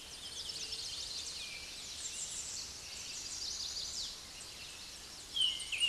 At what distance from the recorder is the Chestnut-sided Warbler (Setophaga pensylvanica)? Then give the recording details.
about 15 m. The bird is about 5 m above the microphone. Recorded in a Pennsylvania forest on 16 May 2024 at 06:00. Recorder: AudioMoth, point MSD-0383. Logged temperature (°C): 15.3 °C. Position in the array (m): 81 m, 221 m